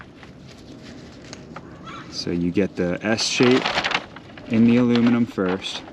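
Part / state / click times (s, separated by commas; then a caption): glazing clip onto greenhouse glass pane and aluminum frame / not seated / none. Someone handles a second metal glazing clip on a greenhouse, setting its S-shaped end into the aluminum frame first before pushing it onto the replaced glass pane. Light taps and handling noises come at about 0.0, 0.2, 1.3 and 1.6 seconds while someone talks, and clucking fowl-like calls are heard from about 2.3 seconds on. Nothing has seated or clicked yet.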